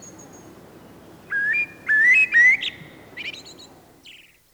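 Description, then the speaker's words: Common Blackbird song: a short run of three rising fluty whistles followed by a faint, high twittering flourish. Flute-like, melancholy song; phrases longer than the mistle thrush's and without the song thrush's repetitions. "Kuunnellaanpa vielä mustarastaan huilu ääntä."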